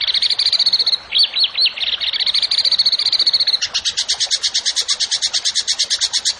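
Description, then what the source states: Bird song: an even high trill with a few looping whistles, then a long burst of rapid, sharp, evenly repeated notes. Songbird singing actively (gacor) in 'tembakan' style, for training songbirds (masteran).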